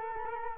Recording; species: mosquito wingbeat signal from an infrared sensor; Culex quinquefasciatus